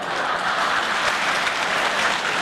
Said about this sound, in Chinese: 你看，爷爷奶奶们给你这么热烈鼓掌，高兴不高兴？